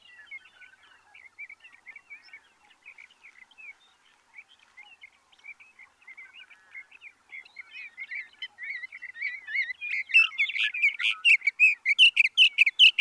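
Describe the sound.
Sage thrasher song, soft and subdued warbling at first, then swelling into loud, rapid, varied phrases over the last few seconds.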